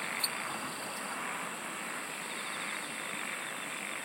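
Singing insects forming a constant buzzing wall of sound, a quick tick at the start, otherwise even and unchanging.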